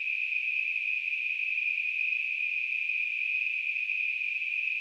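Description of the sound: Simulated tinnitus: a steady, continuous high-pitched ringing hiss concentrated in a narrow band around 2.5 kHz, with no low-frequency content and an unchanging level throughout.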